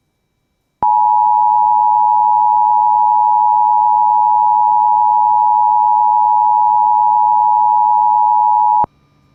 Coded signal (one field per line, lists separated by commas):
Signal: Emergency Alert System (SAME) tones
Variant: 853 and 960 Hz attention tone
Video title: Severe Thunderstorm Warning EAS#162